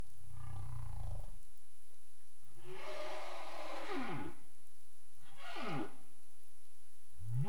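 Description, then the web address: Humpback whale vocal sequence: a low rumbling moan, then several sliding downward swoops, ending in a rising note. Recorded 27 April 2035 at 22:23 UTC. "CARIMAM. humpback whale 20350427 222331 UTC"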